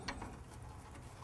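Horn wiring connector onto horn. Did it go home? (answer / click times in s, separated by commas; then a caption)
no / none. A plastic horn wire connector is handled as it is pushed toward the horn of a 2007 Toyota Camry during a radiator replacement, with a brief sharp handling sound at about 0.1 s over low rumble. Nothing has seated or clicked yet; the clip ends just before the plug goes home.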